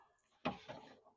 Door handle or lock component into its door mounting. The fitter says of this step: I believe I heard it pop in, but just to make sure.